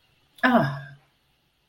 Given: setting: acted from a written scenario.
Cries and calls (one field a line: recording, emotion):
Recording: vocal sound without words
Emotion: relief